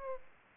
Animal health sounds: mosquito wingbeat signal from an infrared sensor; Aedes aegypti

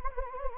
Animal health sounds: mosquito wingbeat signal from an infrared sensor; Anopheles gambiae

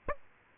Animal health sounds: mosquito wingbeat signal from an infrared sensor; Aedes aegypti

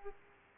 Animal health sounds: mosquito wingbeat signal from an infrared sensor; Culex pipiens

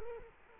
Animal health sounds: mosquito wingbeat signal from an infrared sensor; Culex quinquefasciatus

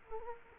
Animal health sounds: mosquito wingbeat signal from an infrared sensor; Culex quinquefasciatus

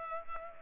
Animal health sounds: mosquito wingbeat signal from an infrared sensor; Culex pipiens

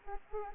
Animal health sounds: mosquito wingbeat signal from an infrared sensor; Anopheles arabiensis

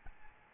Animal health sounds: mosquito wingbeat signal from an infrared sensor; Aedes albopictus

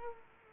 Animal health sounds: mosquito wingbeat signal from an infrared sensor; Culex quinquefasciatus

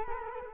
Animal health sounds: mosquito wingbeat signal from an infrared sensor; Culex quinquefasciatus

